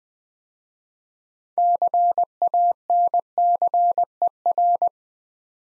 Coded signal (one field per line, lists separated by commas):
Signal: Morse code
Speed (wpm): 20 wpm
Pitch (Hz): 700 Hz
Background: none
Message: CANCER